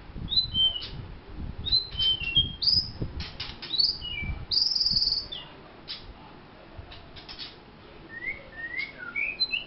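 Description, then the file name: White-rumped shama song: short whistled slurs and high chirps in quick bursts, with a low background rumble and a quieter stretch of scattered notes. Vietnam. "shama vietnam omkicau"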